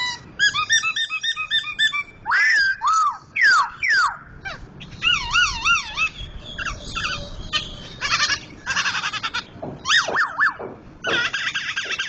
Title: Poksay Jambul Sumatra Suara Keras Juara Nasional. Poksay Hongkong gacor mantab (Gathutkaca)